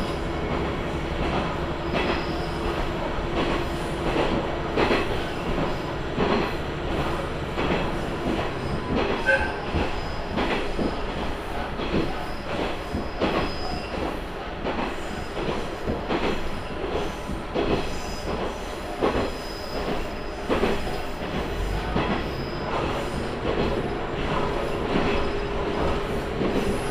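A train on the Tenryu Hamanako Railway rolls steadily with a continuous low rumble, frequent wheel clacks and brief squeals, and bright rattles throughout.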